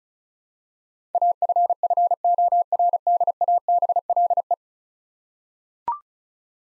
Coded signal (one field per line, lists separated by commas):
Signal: Morse code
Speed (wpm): 36 wpm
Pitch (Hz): 700 Hz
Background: none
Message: AFFORDABLE